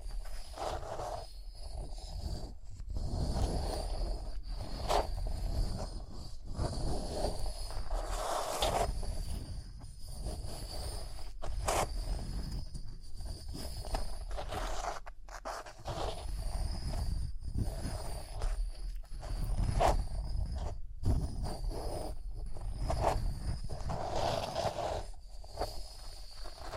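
Rhinestones being scratched and brushed in a steady, dense rasping that swells and eases throughout, with a heavy low rumble underneath. Sharp taps break through irregularly, a few short pauses fall between strokes, and a faint thin high whine persists in the background.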